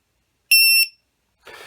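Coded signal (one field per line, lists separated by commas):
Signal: alarm pattern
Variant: lost drone buzzer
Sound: one loud shrill piezo beep about a third of a second, then faint hiss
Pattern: 1 short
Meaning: Lost model alarm active; single beep repeats every few seconds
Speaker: There you go. Single beep.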